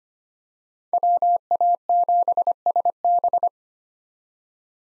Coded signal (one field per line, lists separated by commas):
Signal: Morse code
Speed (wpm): 25 wpm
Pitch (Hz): 700 Hz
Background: none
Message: WA7SB